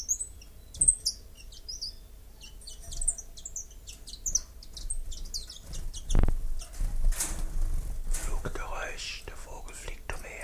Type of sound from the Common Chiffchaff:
song